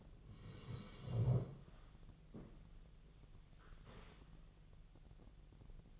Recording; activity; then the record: daily activity, microphone in the room; sit down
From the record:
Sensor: 4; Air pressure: 1001.2 hPa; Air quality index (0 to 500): 180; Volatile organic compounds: 2 ppm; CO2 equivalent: 1294 ppm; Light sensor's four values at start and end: 14/33/13/13 and 14/33/13/13